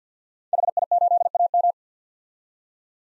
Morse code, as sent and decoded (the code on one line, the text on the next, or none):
.... .. ---.. .- --
HI8AM